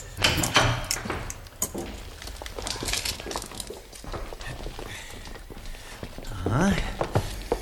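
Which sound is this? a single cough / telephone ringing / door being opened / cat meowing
door being opened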